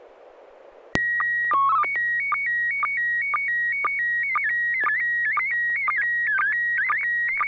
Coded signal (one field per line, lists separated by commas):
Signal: SSTV (slow-scan television)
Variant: PD 120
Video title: N6NA SSTV Net - 04/13/2022 - ISS SSTV Event "Women in Space"